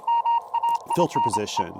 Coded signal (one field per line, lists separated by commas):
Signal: Morse code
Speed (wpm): 27 wpm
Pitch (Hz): 930 Hz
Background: speech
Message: MAINE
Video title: Final Bug-Out Month Activation: Pairing a heavy bug with a lightweight QRP field radio kit!